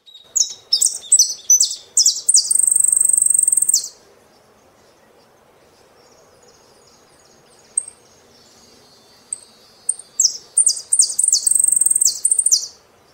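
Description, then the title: Saffron finch song: two bursts of sharp, very high chips that run into a long, buzzy, even trill, separated by several seconds of near silence. "Jilguero Argentino"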